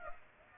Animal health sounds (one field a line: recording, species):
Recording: mosquito wingbeat signal from an infrared sensor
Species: Aedes aegypti